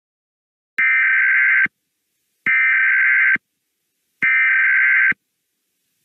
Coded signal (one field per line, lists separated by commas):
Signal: Emergency Alert System (SAME) tones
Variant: header bursts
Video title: EAS Scenario - The Colliders